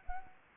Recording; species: mosquito wingbeat signal from an infrared sensor; Anopheles arabiensis